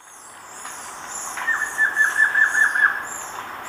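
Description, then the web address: Collared trogon song: a quick run of about eight soft, evenly spaced whistled notes on one pitch, with high-pitched background chatter throughout. Ecuador. "Birds of Ecuador. Collared Trogon"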